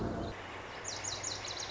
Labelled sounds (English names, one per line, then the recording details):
Lazuli Bunting
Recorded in Sonoma County, California